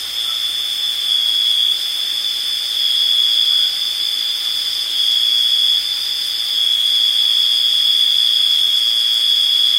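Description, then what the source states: Insects in chorus, an unbroken high-pitched whine with layered ringing tones, its loudness gently rising and falling throughout. Summer evening insects, recorded July 17, 2023.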